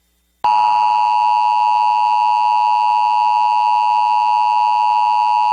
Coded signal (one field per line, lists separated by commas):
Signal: Emergency Alert System (SAME) tones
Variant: 853 and 960 Hz attention tone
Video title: (VALID TONES) EAS Recreation Mock - "Get Off The Lake" (05/06/2005)